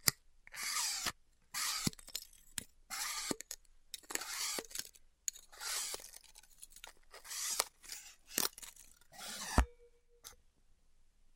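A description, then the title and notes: Styrofoam being heat-cut in a series of short, hissing strokes, each about half a second to a second long, separated by brief silences. Sharp clicks and snaps mark several stroke ends, and near the end a loud crack is followed by a faint steady tone. ASMR Styrofoam Heat Cutting (No Talking).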